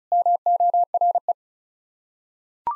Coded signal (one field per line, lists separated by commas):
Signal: Morse code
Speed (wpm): 36 wpm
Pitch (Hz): 700 Hz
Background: none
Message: MORE